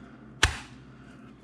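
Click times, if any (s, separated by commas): 0.4 s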